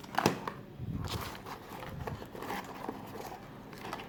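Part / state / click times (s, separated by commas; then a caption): wiring connector onto aftermarket ignition coil / not seated / none. A wiring connector is handled and brought onto a Nology aftermarket ignition coil to set up a like-for-like test. Crinkly handling and rustling sounds run through the clip, with two sharp ticks near 0.2 s and 0.3 s. Nothing has seated or clicked in yet.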